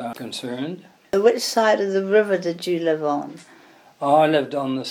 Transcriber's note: none